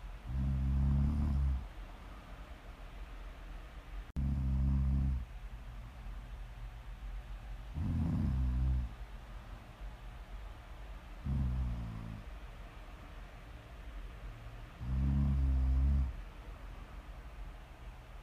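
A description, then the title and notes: Deep, rumbling snores come in a slow, regular rhythm, each lasting about a second and a half with roughly three to four seconds between them. The snores are low, buzzing and throaty, while a faint steady hiss fills the quiet gaps. Prime ASMR snoring.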